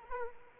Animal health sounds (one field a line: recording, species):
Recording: mosquito wingbeat signal from an infrared sensor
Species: Anopheles arabiensis